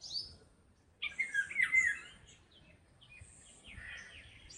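Bird chirps in short bursts, a brisk run of bright slurred notes after a quiet second, then softer twittering trailing off.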